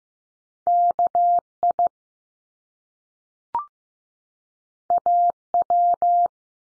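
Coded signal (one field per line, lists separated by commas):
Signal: Morse code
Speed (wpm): 15 wpm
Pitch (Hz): 700 Hz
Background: none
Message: KI AW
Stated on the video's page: Morse practice at 15 wpm: top two-letter combinations found in words, each sent, spoken after a slight pause, then sent again.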